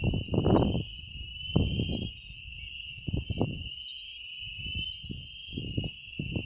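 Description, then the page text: Fernandez's Dwarf Frog calling in a continuous high, slightly wavering trill that runs unbroken throughout, over bursts of low rumbling noise. Adult male, wild, recorded 29 June 2019 at Saladillo, Buenos Aires, Argentina. "Physalaemus fernandezae. Sexo: Macho"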